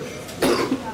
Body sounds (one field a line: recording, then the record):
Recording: coughing mixed with background sound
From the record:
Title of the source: Coughing 77